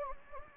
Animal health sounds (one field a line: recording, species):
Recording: mosquito wingbeat signal from an infrared sensor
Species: Anopheles gambiae